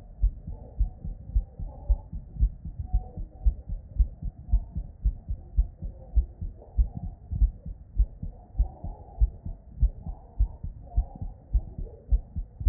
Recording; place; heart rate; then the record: heart sounds by stethoscope; Erb's point; 103 bpm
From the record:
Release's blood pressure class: normal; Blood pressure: 115/66 mmHg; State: at rest